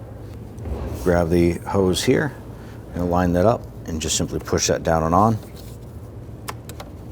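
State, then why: Seated. A hose quick-connect is lined up and pushed down onto its fitting on the front valve cover of a 2010–2019 Ford Taurus while someone talks. After the talking stops, two sharp clicks at 6.7 s and 6.8 s mark the coupling locking into place, and the hose is seated.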